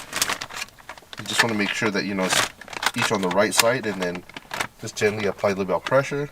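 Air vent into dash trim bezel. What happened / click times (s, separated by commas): A plastic trim piece snapped into place / 0.2 s, 0.4 s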